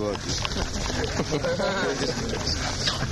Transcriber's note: laughter